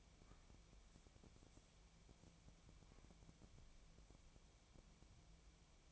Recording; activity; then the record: daily activity, microphone in the room; wipe stove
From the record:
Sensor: 1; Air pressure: 1000.5 hPa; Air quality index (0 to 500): 182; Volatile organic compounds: 4 ppm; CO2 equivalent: 1684 ppm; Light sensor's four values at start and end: 13/32/14/16 and 14/33/14/16